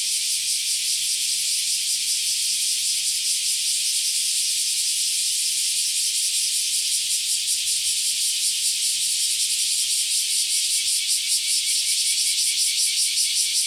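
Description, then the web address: Cicada drone: unbroken high buzzing that holds steady, with a subtle rhythmic throb growing slightly more pronounced toward the end. Recorded 31 July 2020 at 07:38 in the morning. "2020-07-31 07 38 38 セミ. arpla 自然音研究室"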